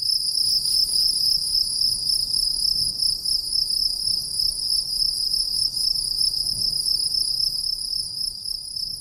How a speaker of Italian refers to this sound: I grilli, come piccoli aghi diffusi, esplodono la mia bolla di sapone e mi portano in me, e mi basta poco, fortunatamente. Aprono una via diretta e privilegiata al mio posizionamento nel qui e ora.